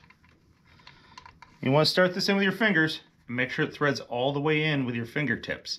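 A metal drain plug is picked up and lined up by hand before being threaded into a motorcycle primary chaincase, making small, quiet handling clicks and taps during the first 1.5 seconds. Someone then talks for the rest of the clip. The plug has not been threaded in or seated yet.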